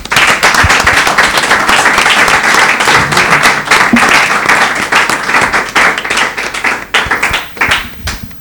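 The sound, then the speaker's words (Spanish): Sustained audience applause in honour of el Sesterín and all the victims of Francoism: many hands clapping densely and loudly for several seconds, a steady crackling roar that thins slightly toward the end with individual claps standing out. “Así que, bueno, un aplauso para el Sesterín y todas las víctimas del franquismo y todas las víctimas de aquí que todavía esperan esa reparación.”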